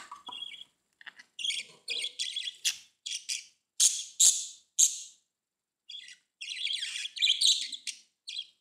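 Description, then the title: Budgerigar chatter: bursts of buzzy, scratchy chirps around a high pitch, some short sharp notes, with brief pauses between groups. "Budgie Sounds"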